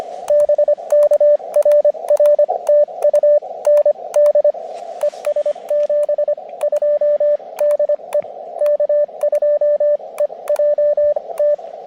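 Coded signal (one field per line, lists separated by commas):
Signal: Morse code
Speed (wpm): 24 wpm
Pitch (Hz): 590 Hz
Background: radio noise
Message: BK RR TU ND ES 72 DE K2EJT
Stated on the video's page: Summits on the Air activation from Overlook Mountain using a KX2 and AX1 antenna at low power; good band conditions, steady stream of calls.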